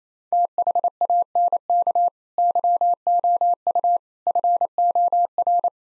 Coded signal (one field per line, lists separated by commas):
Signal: Morse code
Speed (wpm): 28 wpm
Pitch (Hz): 700 Hz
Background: none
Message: THANK YOU FOR